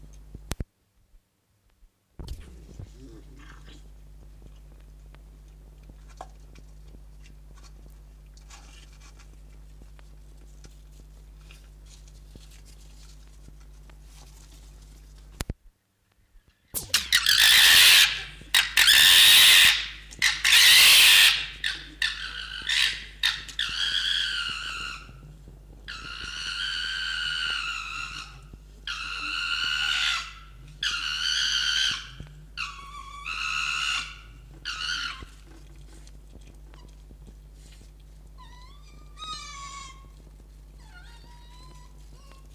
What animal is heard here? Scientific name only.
Vulpes vulpes